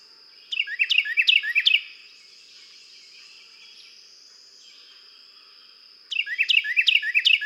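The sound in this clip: Carolina wren singing rapid, rolling chains of repeated whistled phrases, one burst near the start and another at the end, with a constant high-pitched insect hum behind.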